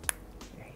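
A bezel assembly with its spacer is pressed back down onto the case of a Rolex Submariner/GMT wristwatch during a bezel insert change. A single sharp snap comes at 0.1 s against a quiet background, and the bezel is seated on the case.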